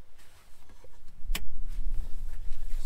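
A snap hook on a G Force racing harness is pushed onto its mounting point while the harness is installed in a Track Dog racing seat in a car. One sharp snap rings out at 1.4 s over a low background rumble as the hook clips into place.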